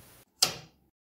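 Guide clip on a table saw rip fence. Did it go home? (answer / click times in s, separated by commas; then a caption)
yes / 0.4 s. A guide clip is engaged again on a table saw rip fence, and after a brief stretch of low background noise and a short silence, it gives one sharp, bright click at 0.4 s that fades out over about a quarter second. The clip clicks into place and is seated.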